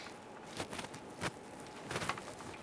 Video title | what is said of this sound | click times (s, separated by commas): How to Replace Intercooler 2013-2020 Ford Fusion 2.0L L4 | We need to make sure that we press this in, listen for our click. There we are. | 2.1 s